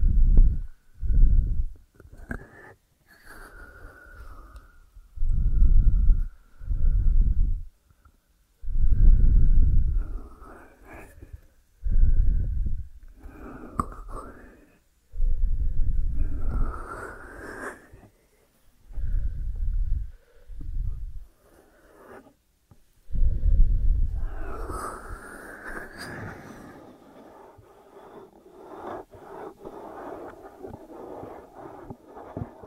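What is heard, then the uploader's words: ASMR ear treatment sounds come in repeated low, muffled bursts about every two seconds, with a brighter, louder rustling swell near 24 seconds. ASMR 3D Brain Penetrating Ear Treatment.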